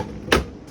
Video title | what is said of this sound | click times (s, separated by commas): LiftMaster screw drive limit adjustments after coupler replacement | going to snap right in place just like that right there | 0.3 s